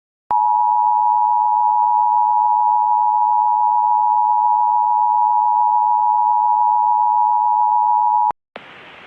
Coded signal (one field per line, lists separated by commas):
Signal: Emergency Alert System (SAME) tones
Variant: 853 and 960 Hz attention tone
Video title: An EAS Scenario - Arachnothuella